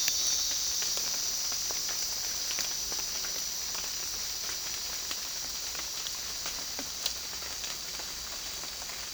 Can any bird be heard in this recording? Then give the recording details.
no. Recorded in dense forest near Puerto Asís, Putumayo, Colombia, on 21 March 2025 at 13:30. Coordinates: 0.499, -76.324. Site GP03